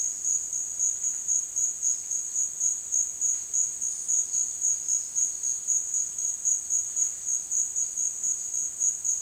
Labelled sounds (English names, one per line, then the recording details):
none
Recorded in dense forest near Puerto Asís, Putumayo, Colombia, on 25 June 2025 at 12:30
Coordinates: 0.466, -76.327
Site GP04